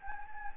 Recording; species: mosquito wingbeat signal from an infrared sensor; Anopheles gambiae